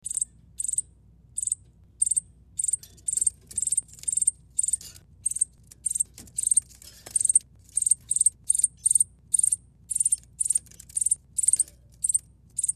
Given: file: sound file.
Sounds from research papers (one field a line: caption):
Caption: The food begging calls of a female sparrow at PHD20